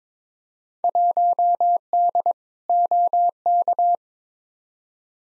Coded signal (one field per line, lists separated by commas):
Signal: Morse code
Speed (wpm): 22 wpm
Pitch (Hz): 700 Hz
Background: none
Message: 1D OK